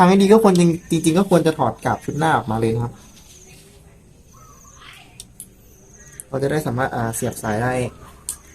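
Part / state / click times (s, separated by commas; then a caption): wiring harness connector into scooter wiring socket / seated / 8.3 s. Someone talks while pushing a wiring harness connector for an aftermarket remote key system into its mating plastic socket in a narrow space on a Click 110 scooter. After a quieter stretch with a few faint handling taps, a sharp snap is heard at 8.3 s as the connector locks into its socket.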